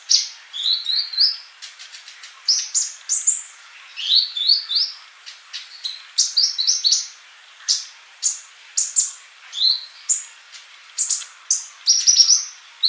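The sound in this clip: Bird song with rising whistled notes in quick runs of three or four, mixed with sharp high clicks and chirps throughout.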